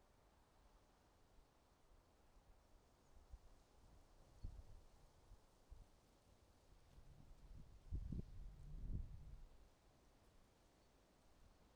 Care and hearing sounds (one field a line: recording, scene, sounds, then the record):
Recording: everyday scene through a hearing-aid microphone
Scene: wind on the microphone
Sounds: wind, traffic, birds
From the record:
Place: suburban garden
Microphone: in the ear canal, right